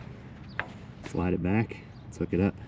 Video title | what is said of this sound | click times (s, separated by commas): Strengthening a Junk RV Frame on a Budget – Will This Pay Off? Ep. 2 | So, this slides and locks in place to where it can't go anywhere. | 0.6 s